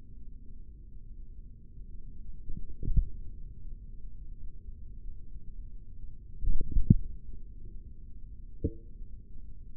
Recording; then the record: forearm muscle sounds (acoustic myography)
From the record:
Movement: finger pinch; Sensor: system 3, bracelet of six PUI Audio POM-2738L microphones around the upper forearm, with dedicated amplification and filtering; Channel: 6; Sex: male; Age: 56 years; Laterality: right